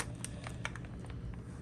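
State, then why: Not seated. A bag is tucked under the vacuum lip of a PowerXL Duo NutriSealer countertop vacuum sealer with its textured side down while the plastic lid is handled before being closed onto the base. Short clicks and taps sound at about 0.0, 0.2, 0.5 and 0.7 s over a low background hum. Nothing has snapped shut or seated yet by the end of the clip.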